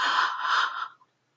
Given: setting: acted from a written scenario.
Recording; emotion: vocal sound without words; distress